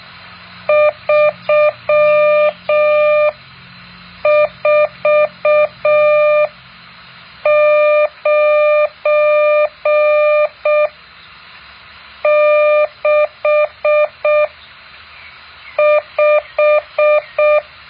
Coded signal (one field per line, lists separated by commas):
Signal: Morse code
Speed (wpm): 6 wpm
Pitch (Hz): 600 Hz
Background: none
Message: 34965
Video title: แบบฝึกหัด Morse code 8.4